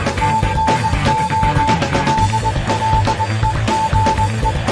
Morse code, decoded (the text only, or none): T NO DLEGE